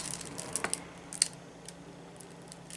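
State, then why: Not seated. Someone handles a new container of diamond-painting wax, working the plastic lid onto the wax container for a diamond painting pen. Faint handling rustle is broken by small sharp ticks around 0.6 and 0.7 s, a louder crisp tick at 1.2 s, and another at the very end. The lid has not seated or clicked shut yet.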